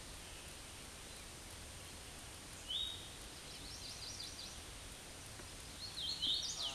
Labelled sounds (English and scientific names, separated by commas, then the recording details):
Hooded Warbler (Setophaga citrina) song
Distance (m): 35 m
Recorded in a Pennsylvania forest on 18 May 2023 at 09:33
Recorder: AudioMoth, point grid1_31_low
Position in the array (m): 180 m, 85 m